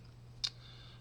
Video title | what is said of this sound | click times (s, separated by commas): Comic Booked Unboxes Geomag's Mechanics Challenge GOAL! | oh I see it clicks into one of these | 0.5 s